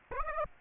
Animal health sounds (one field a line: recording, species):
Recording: mosquito wingbeat signal from an infrared sensor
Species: Aedes aegypti